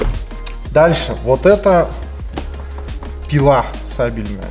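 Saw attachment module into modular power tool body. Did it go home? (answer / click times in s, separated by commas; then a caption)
yes / 0.5 s. A reciprocating-saw attachment module is pushed onto the body of an Interskol Multimax modular power tool and latches with a sharp, short click at 0.5 s; on this tool the part has to go in until it clicks, unlike a Chinese copy that just sits loose. Someone talks over it, and the attachment is seated.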